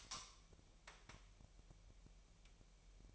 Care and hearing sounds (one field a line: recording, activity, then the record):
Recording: daily activity, microphone in the room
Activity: light on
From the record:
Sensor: 1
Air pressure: 1001.9 hPa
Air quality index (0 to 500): 249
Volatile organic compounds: 53 ppm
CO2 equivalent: 3330 ppm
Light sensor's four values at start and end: 5/11/4/5 and 14/46/19/19